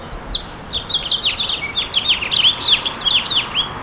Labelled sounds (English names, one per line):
House Finch song